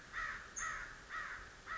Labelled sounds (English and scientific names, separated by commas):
American Crow (Corvus brachyrhynchos)